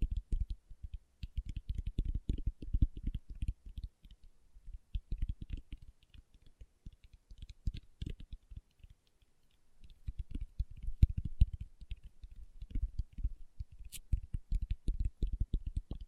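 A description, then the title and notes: Fingertips tap rapidly in dense, irregular bursts, each tap a dull low thump with a faint crisp tick above it. The flurries come in clusters with brief lulls, notably around four, eight and nine seconds, before resuming steadily through the end. ASMR Tapping with Fingertips (No Talking).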